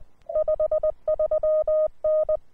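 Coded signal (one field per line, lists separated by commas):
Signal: Morse code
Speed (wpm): 18 wpm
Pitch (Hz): 620 Hz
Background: none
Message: 53N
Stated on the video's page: QRP CW from a uSDX rig.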